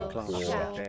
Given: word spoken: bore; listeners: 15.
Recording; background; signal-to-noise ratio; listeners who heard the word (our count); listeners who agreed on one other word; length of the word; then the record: one English word in noise, from a listening test; four-talker babble; -0.6 dB; 0 of 15; 6 of 15; 0.49 s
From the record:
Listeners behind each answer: 6, 5, 1, 1, 1, 1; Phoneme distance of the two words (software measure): 37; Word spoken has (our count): 1 syllable, 3 phonemes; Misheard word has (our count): 1 syllable, 4 phonemes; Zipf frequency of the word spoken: 3.76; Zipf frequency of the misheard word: 5.01